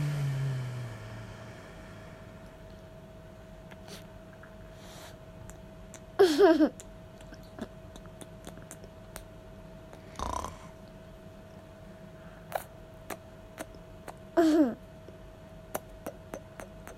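Short bursts of laughter break in around six and fourteen seconds, with a thud near ten seconds. Between them it is quiet apart from a steady low hum, a faint constant whine, and scattered small clicks and knocks.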